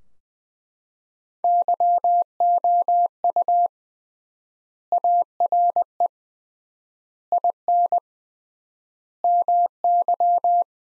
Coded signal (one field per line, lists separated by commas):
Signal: Morse code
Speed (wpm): 21 wpm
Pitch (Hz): 700 Hz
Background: none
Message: YOU ARE IN MY